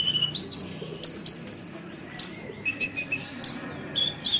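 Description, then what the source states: Oriental magpie-robin singing scattered sharp high chips and whistled notes separated by brief pauses, with a short cluster of quick notes just after the middle. Chirping song.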